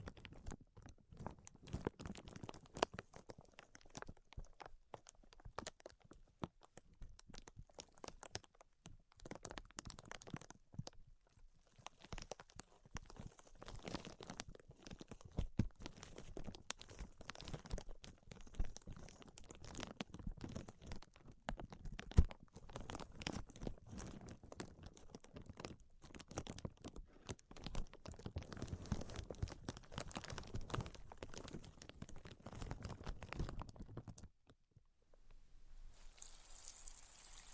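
Dense, irregular tapping and scratching runs almost without pause, thick with quick dry clicks and rough scraping strokes, crackly like crinkling material. Brief quieter gaps fall near 9 and 11 seconds, and the activity drops off around 34 seconds before a short bright hiss closes the clip.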